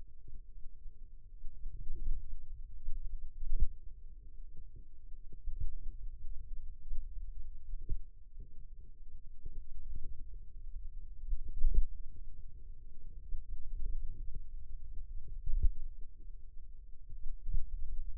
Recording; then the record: forearm muscle sounds (acoustic myography)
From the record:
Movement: finger pinch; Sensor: system 2, bracelet of six BSWA MPA416 microphones around the upper forearm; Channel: 6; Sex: female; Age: 22 years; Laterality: right